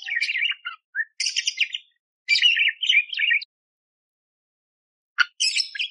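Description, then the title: Budgerigar chattering in several buzzy, scratchy bursts, then a long silence and a final squeaky chirp and short burst. Budgerigar song, clear, with rough bursts, used as masteran training for magpie-robins (kacer). "Masteran Burung Parkit Gacor Jernih Isian Tembakan Kasar Cocok Buat Kacer"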